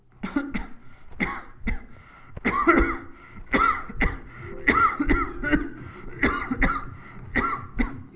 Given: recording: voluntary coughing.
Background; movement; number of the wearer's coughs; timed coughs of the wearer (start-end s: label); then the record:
music; sitting; 15
0.20-0.53 s: cough
0.53-0.81 s: cough
1.18-1.54 s: cough
1.65-1.95 s: cough
2.43-2.74 s: cough
2.74-3.04 s: cough
3.51-3.98 s: cough
3.98-4.28 s: cough
4.65-5.07 s: cough
5.07-5.39 s: cough
5.39-5.75 s: cough
6.20-6.59 s: cough
6.59-6.87 s: cough
7.33-7.64 s: cough
7.77-7.98 s: cough
From the record:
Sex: male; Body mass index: 22.0 kg/m2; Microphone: on the chest, facing the body